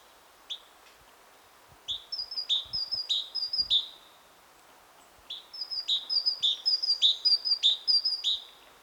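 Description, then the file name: Great tit calls: bright two-note phrases alternating high and slightly lower, repeated in two quick runs with a pause between, over a quiet background. "Parus major"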